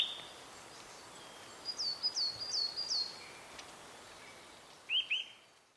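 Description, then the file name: Eurasian nuthatch, short high downslurred whistled notes in a series of four, then two more after a pause, with faint background chirps. "Sitta europaea"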